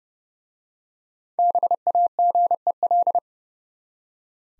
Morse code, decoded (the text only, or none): BAGEL